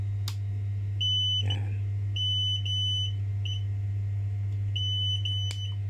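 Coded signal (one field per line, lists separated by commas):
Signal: beep code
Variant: Xiaomi M365 scooter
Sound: high-pitched electronic beeps: two long, one short, repeating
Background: mains hum, a thump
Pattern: 2 long, 1 short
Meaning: Error code 21, battery communication error; scooter not charging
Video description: how to fix Mi 365 Scooter error code 21 Battery Communication error, 2long beeps and 1 short beep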